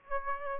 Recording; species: mosquito wingbeat signal from an infrared sensor; Aedes aegypti